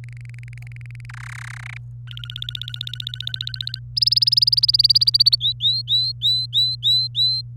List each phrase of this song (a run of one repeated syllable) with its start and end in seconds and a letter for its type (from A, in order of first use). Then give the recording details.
0.04-1.05 A, 1.09-1.77 B, 2.08-3.79 C, 3.97-5.36 D, 5.40-7.41 E. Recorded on 27 April 2018 at 08:23. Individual llb3